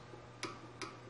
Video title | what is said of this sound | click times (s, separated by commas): wheel bearing | first click you're at 17 lb Okay so we've got that set up | 0.4 s